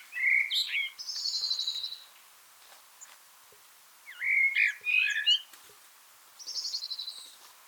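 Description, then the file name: Common blackbird song: mellow low whistled phrases with fast high twittering trills, in three bursts separated by pauses. "Turdus merula"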